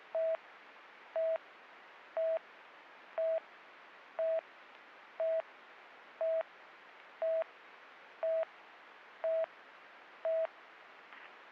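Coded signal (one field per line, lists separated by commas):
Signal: none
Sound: police radio channel beeps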